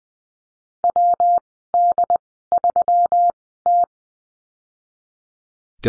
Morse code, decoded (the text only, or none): WD3T